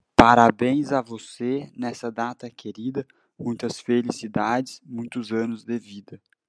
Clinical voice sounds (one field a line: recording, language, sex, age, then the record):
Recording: short text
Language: Brazilian Portuguese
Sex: male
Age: 20 to 29 years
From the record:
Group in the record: control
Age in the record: 21 years